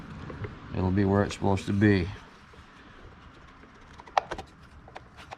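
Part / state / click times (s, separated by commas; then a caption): trimmer head cover tab into spool housing / partly seated / 4.2 s. Someone talks as the plastic cover of an Ego string trimmer head is pressed onto the spool housing. The first of its two side tabs snaps into place with a sharp click at 4.2 s, among a few quieter ticks. The second tab has not clicked in yet.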